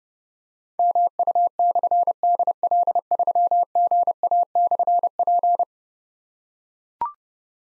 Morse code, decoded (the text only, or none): MU/DL3GA/P